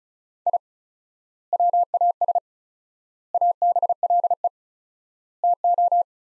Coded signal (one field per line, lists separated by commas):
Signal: Morse code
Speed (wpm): 36 wpm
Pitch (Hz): 700 Hz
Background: none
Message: I WAS ABLE TO